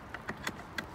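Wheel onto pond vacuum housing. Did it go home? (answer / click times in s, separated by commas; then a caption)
no / none. A plastic wheel is being pushed onto the body of an Oase PondoVac 5 pond vacuum unit, making four short, sharp plastic ticks at about 0.1, 0.3, 0.5 and 0.8 s over a steady low background hum. The wheel has not snapped into place yet, and nothing has seated by the end of the clip.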